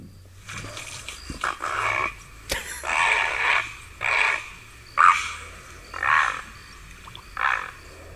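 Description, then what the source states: Great Blue Heron giving harsh, rasping croaks, several hoarse bursts spaced roughly a second apart, with short quiet gaps between them. Harsh call likened to a motorcycle that never got started or a warthog; recording played a second time.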